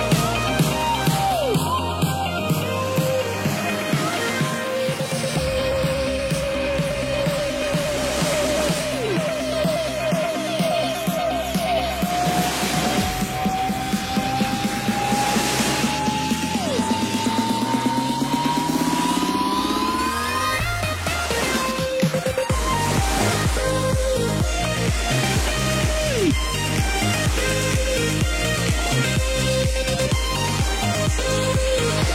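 Breezy electronic music plays at an even loudness. From about five seconds a synth tone climbs steadily in pitch while the beat builds. Around twenty-one seconds it breaks into a steady, regular pulsing groove with bright layers on top.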